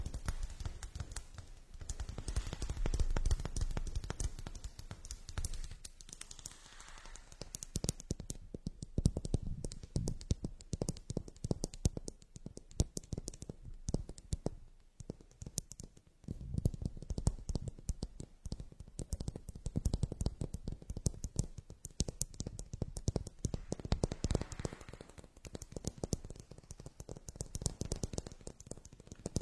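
Rapid tapping and clicking on objects like a crystal ball, bag, glasses and notebook, dense and nearly continuous, with soft low thumps throughout.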